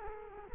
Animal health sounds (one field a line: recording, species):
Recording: mosquito wingbeat signal from an infrared sensor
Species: Culex quinquefasciatus